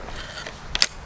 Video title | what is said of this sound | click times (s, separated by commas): 50$ Air Rifle VS 100$ Air Rifle | lock it till you hear the click | 0.8 s